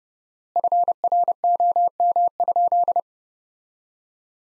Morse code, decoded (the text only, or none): FROM?